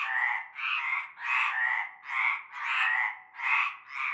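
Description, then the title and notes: Loud frog croaks, broad and grating, come in quick succession from several overlapping callers. Frog chorus at nightfall in a large concrete basin holding stagnant greenish water, Avenue Cante Coucou, Groupède, La Ciotat, Bouches-du-Rhône, France. "Avenue Cante Coucou, Groupède, La Ciotat, Marseille, Bouches-du-Rhône, Provence-Alpes-Côte d'Azur, France métropolitaine, 13600, France - cœur de grenouilles. Une grande vasque en béton, un fond d'eau verdâtre croupissant. et un cœur de grenouilles dès la nuit tombée"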